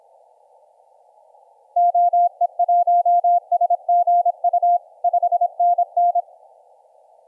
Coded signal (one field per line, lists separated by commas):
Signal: Morse code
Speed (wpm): 26 wpm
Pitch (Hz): 700 Hz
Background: none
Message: OE1SGU 5NN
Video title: 9N7CI - IU1DOF on 15m CW